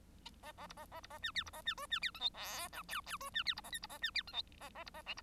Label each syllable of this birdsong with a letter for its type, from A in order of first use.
A A B A A B A C D B A C E C D F G H I J J E C D B A K B A C D F G A A B A L B